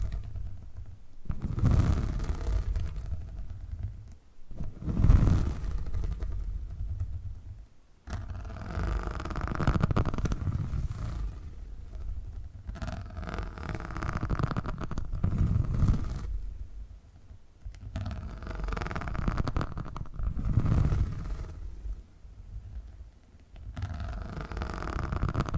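Purring comes through as a deep, throaty rumble that swells and fades in repeated waves every few seconds. Short near-silent breaks fall around 1, 4, 8 and 23 seconds, and a faint, airy hiss rides above the low vibration.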